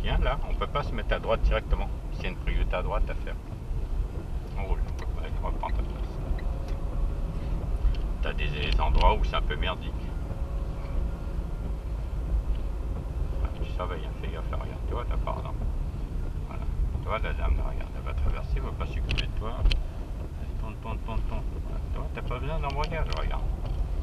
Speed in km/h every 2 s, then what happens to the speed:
25, 24, 28, 29, 28, 28, 28, 20, 19, 15, 14, 22.
0-12 steady at about 28. 12-19 slows to 14. 19-24 speeds up to 22.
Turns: none.